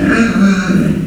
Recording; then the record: squeal of a Yucatan mini pig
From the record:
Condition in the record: after surgery on the right vocal fold (resection and tissue-engineered implant); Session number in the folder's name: 6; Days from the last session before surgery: 40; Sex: female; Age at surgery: 19 weeks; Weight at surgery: 25 kg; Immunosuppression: prednisolone